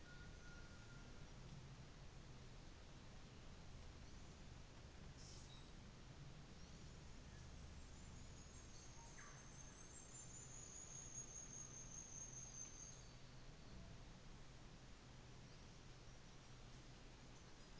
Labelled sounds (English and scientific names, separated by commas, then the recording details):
New Zealand Fantail (Rhipidura fuliginosa)
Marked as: faintness 3/5, faintness 1/5
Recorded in New Zealand on 24 December 2018
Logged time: 13:00